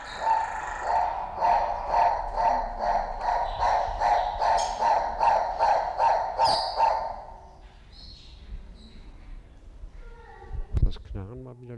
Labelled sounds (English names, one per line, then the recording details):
Fischer's Turaco call
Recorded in captivity
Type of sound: call, call sequence
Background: Lybius
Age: adult
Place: Zoo Berlin, Berlin, DE
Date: 1994-03-05 11:49
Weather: heiter, 4°C, Windböen
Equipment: Marantz CP 430, Sennheiser ME 80, Kopie Uher Variocord 263
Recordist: Tembrock, Günter
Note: Rufreihe - nach Beginn eingeschaltet